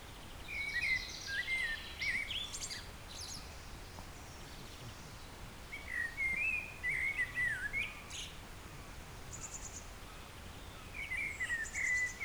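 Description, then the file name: Eurasian blackbird singing three mellow, fluted warbling phrases that each end in high squeaky twitters, spaced several seconds apart over steady background hiss. "Turdus merula"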